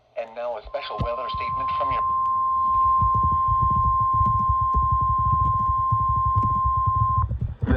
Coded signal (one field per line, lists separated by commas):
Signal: Emergency Alert System (SAME) tones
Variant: 1050 Hz attention tone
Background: speech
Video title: PRIMETIME STORMS!! | EAS Alerts from 6/22/26